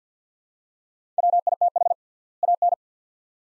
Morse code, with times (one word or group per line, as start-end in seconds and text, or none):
1.2-1.9 WITH
2.4-2.7 AN